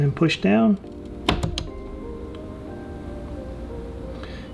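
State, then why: Seated. Someone talks as a memory module, part of a 128GB RAM install in a 2020 27-inch iMac, is pushed down into one of the four RAM slots. Two sharp clicks at 1.3 s and 1.6 s show it snapping into place, seated, over a low steady background hum.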